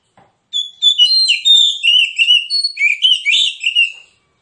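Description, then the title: Oriental magpie-robin song: a dense phrase of bright whistles and trilled, rising and falling notes, starting after a brief pause. Kacer song, insistent with full 'tembakan' bursts, meant to trigger an immediate fighting response and as therapy for kacer reluctant to sing. "Kacer Langsung Tarung Konslet KACER NGOTOT FULL TEMBAKAN. Kicau Kacer santaiterapi Kacer males bunyi"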